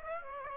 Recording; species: mosquito wingbeat signal from an infrared sensor; Aedes aegypti